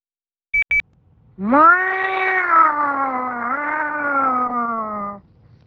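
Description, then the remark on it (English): Two quick high beeps, then a cat lets out one long, drawn-out meow lasting several seconds, loud and steady with a slight rise and wobble in pitch before it fades. “That's right, meow.”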